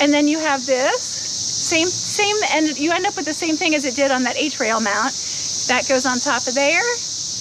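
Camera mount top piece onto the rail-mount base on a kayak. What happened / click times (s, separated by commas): Handled, not yet home: the mount's top piece has not locked on yet / none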